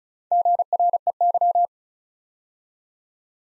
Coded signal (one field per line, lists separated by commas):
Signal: Morse code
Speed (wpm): 36 wpm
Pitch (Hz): 700 Hz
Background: none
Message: GREY